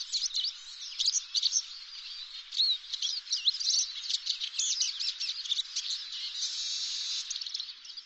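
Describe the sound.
Bird twittering, a dense, busy stream of high chirps and trills with little pause, with a steadier rasping hiss of calls near the end.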